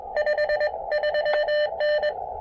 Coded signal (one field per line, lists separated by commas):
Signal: Morse code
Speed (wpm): 20 wpm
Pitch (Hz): 600 Hz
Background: none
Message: 53N